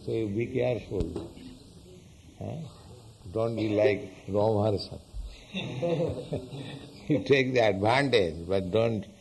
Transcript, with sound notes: So you be careful. Huh? Don't be like Romaharṣaṇa. [chuckles] You take the advantage, but don't